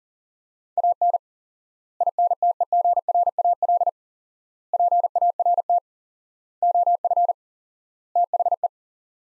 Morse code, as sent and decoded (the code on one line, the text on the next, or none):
.- -. / .. -. - . --. .-. .- .-.. / .--. .- .-. - / --- ..-. / - .... .
AN INTEGRAL PART OF THE